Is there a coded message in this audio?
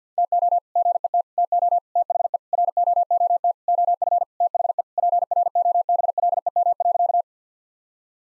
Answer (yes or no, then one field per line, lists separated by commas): yes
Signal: Morse code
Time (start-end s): 0.2-7.2 s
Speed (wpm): 50 wpm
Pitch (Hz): 700 Hz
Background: none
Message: TO GET TO THE ROOT OF THE PROBLEM.